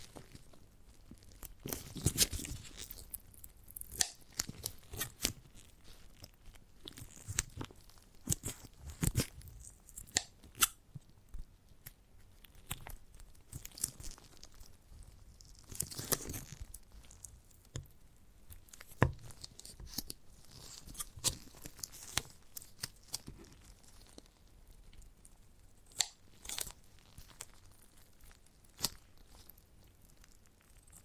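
Chewing and biting into a giant gummy bear, heard as bursts of sticky, squelching crunches and tearing. The sounds come irregularly every second or so, louder clusters near 2, 9 and 16 seconds, with quiet gaps between and no other sounds.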